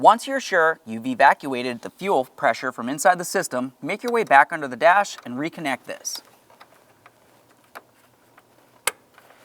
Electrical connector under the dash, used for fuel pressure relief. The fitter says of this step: listen for a click give that a tug to make sure it's secured